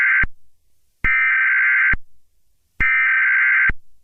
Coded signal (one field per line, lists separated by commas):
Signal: Emergency Alert System (SAME) tones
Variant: header bursts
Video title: EAS Scenario - THE TROLLGE (Part One)